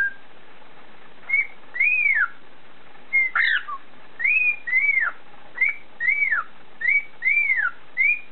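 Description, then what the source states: Cockatiel whistling a repeated phrase of arched, rising-then-falling notes, with one sharp upward slide midway. Whistled tune (siulan) of a cockatiel.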